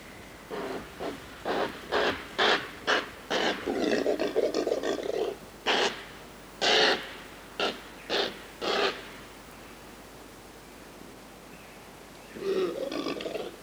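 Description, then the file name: Impala calls: a run of many sharp, breathy snorts and grunts in quick succession, then a pause and one more rough burst. "Impala (Aepyceros melampus)"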